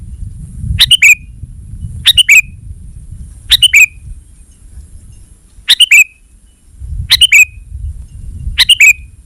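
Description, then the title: Sooty-headed bulbul song: six brief bright chirping phrases, repeated roughly every one and a half seconds over a low rumbling background. "kutilang"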